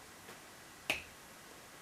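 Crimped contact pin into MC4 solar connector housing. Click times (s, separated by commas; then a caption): 0.9 s. A crimped metal contact pin on a solar cable is pushed into a plastic MC4 connector housing until it locks. A faint soft sound comes near 0.3 s, then a single sharp, bright click at 0.9 s shows the pin has seated. No one talks during the clip.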